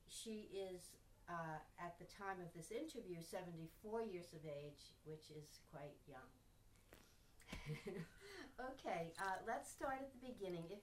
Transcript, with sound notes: She is, at the time of this interview, seventy-four years of age, which is quite young. ( she laughs ) Okay. Let's start at the beginning.